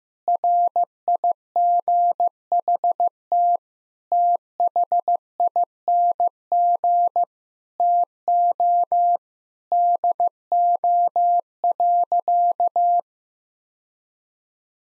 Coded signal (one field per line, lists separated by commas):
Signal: Morse code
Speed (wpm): 15 wpm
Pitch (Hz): 700 Hz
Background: none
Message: RIGHT THING TO DO.